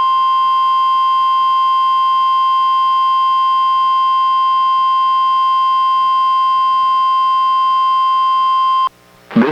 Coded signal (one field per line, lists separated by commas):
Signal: Emergency Alert System (SAME) tones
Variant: 1050 Hz attention tone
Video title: EAS #957: NWR Required Weekly Test- Aug. 7, 2024- 11:05AM PDT